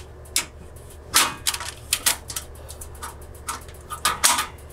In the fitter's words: those are locked in and then when I want to put this in I need to push this over